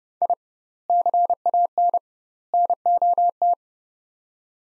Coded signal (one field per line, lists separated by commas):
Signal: Morse code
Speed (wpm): 30 wpm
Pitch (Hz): 700 Hz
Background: none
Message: I CAN NOT